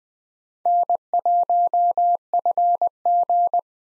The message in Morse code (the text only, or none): N1FG